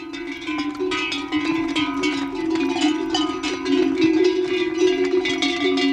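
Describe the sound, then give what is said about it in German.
Many bells on the necks of a mule caravan's lead animals clank and jingle continuously and unevenly. The caravan of up to 30 mules is driven by two or three men, carrying salt and grain from Tibet along narrow mountain paths at about 3000 metres. Dense metallic clatter of overlapping rings with a steady ringing tone underneath, fairly loud, no voices. “Außer den Glocken am Hals tragen die Leittiere bunte Federn auf dem Kopf, wie geschmückte Zirkuspferde.”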